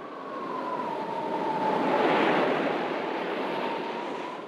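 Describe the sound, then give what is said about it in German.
A broad rushing wash of sea surf at a small coastal town near Whitby swells to a peak midway and slowly recedes, like a wave breaking and drawing back, with a faint steady tone running thinly underneath. “Zum ersten Mal hat er den Geruch des Meeres in der Nase.”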